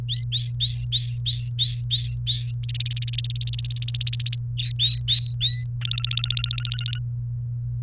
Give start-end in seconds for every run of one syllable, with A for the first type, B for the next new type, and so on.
0.09-2.53 A, 2.63-4.36 B, 4.57-5.65 A, 5.81-6.99 C